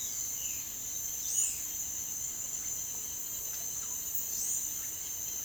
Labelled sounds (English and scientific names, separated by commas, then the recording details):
Roadside Hawk (Rupornis magnirostris), Violaceous Jay (Cyanocorax violaceus), Palm Tanager (Thraupis palmarum)
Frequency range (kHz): Roadside Hawk (Rupornis magnirostris) 2.9-4.3 kHz; Violaceous Jay (Cyanocorax violaceus) 2.1-3.5 kHz; Palm Tanager (Thraupis palmarum) 4.2-9.7 kHz
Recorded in dense forest near Puerto Asís, Putumayo, Colombia, on 20 February 2024 at 08:00
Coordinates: 0.505, -76.324
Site G6467